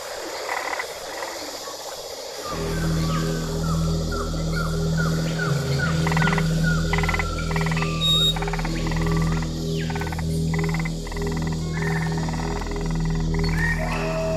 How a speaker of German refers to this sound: Setzt euch mal entspannt zurück und sperrt die Ohren auf. Eine solche Urwaldmusik wie hier bekommt ihr auf der ganzen Welt nicht mehr zu hören.